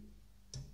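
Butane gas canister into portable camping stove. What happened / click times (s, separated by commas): The canister snapped into its holder / 0.5 s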